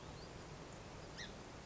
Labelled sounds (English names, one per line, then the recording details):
Song Sparrow
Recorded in Sonoma County, California